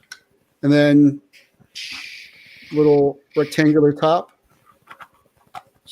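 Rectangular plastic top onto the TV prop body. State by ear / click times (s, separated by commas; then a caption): seated / 4.9 s. Someone talks while a small rectangular plastic top is pressed onto the body of a toy-scale TV prop. A short, faint click at 4.9 s marks the top popping into place and seating.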